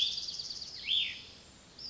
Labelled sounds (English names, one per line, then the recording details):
Cassin's Vireo
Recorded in Sonoma County, California